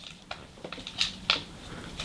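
On a Transformers Legacy Armada Megatron toy figure, a plastic transformation part is pressed into the figure's body on its second side. Small plastic taps and rattles lead up to a sharp click at 1.3 s. The part ends up only roughly seated and is probably not fully snapped home.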